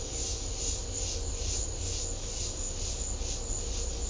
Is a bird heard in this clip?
no